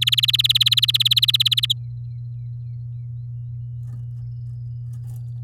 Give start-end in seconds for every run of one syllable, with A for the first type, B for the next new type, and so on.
0.01-1.73 A